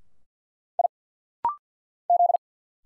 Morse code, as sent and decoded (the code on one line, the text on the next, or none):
.. / --..
I Z